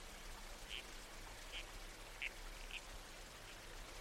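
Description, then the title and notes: Red-crowned toadlet calls, four short scratchy notes over a steady background of running water and wind. Nighttime soundscape in the bush with a babbling creek and trees swaying in the wind, from a nocturnal-wildlife series supported by the Australian Museum. "Red-Crowned Toadlet. Nocturnal Worlds"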